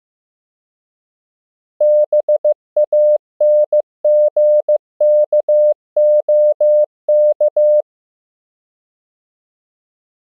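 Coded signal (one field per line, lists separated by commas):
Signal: Morse code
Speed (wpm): 15 wpm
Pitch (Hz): 600 Hz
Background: none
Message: BANGKOK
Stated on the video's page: Morse practice at 15 WPM: mixed English words and ham QSO patterns, each followed by time to copy by ear; generated by a Morse app.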